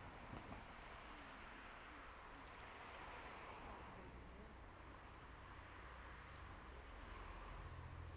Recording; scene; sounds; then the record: everyday scene through a hearing-aid microphone; in traffic; traffic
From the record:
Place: main road on the outskirts, rush hour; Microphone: behind the ear, left, front